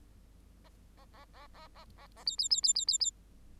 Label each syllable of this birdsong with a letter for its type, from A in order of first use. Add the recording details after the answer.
A A A A A A A A B B B B B B B. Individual Bird8